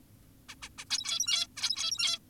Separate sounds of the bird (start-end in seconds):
0.49-0.55, 0.62-0.69, 0.78-0.85, 0.90-1.47, 1.57-2.19